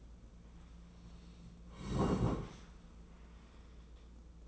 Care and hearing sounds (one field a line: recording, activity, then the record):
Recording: daily activity, microphone in the room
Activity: sit down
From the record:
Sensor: 1